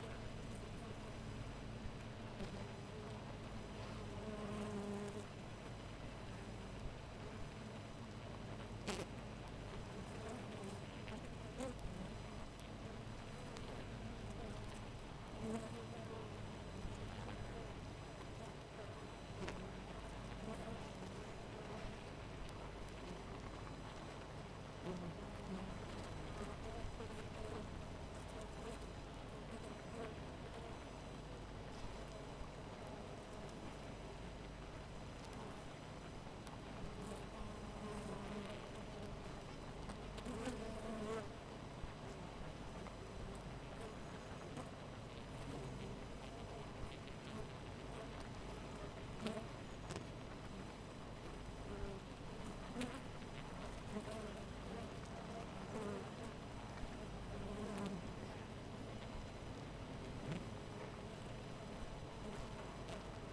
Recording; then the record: honeybee colony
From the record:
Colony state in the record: missing queen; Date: 14 July 2017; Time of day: 5:21